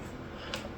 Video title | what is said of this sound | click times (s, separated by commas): Hoover U4008 Overview, Maintenance tutorial and Demonstation | and you turn it and it locks into place. | 0.5 s